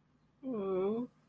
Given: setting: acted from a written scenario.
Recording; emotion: vocal sound without words; sympathy